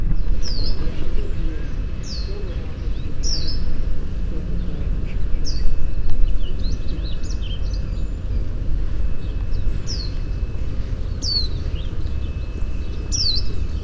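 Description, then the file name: White-eye calls: a series of high, quickly descending whistled notes, spaced irregularly throughout, against heavy low rumbling noise. Recorded 22 May 2018 at 08:51. "2018 05 22 08 51 56-White-eye"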